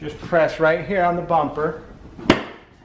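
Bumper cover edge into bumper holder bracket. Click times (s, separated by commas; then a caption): 2.3 s. Someone talks while pressing on the front bumper cover of a 2009-2020 Dodge Journey so its edge clamps into the plastic bumper holder bracket. A single sharp snap is heard at 2.3 s as the clip locks into the holder, and the bumper cover edge is seated.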